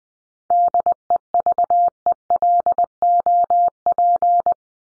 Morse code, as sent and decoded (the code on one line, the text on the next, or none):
-.. . ...- . .-.. --- .--.
DEVELOP